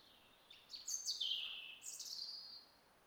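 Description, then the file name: European robin song: a rapid, high, liquid warble with trilled notes, followed by a thin descending whistle, all within about two seconds. "Erithacus rubecula"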